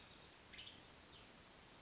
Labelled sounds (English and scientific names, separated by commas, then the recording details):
Western Tanager (Piranga ludoviciana)
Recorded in Sonoma County, California